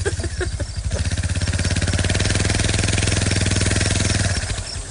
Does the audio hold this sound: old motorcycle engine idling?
yes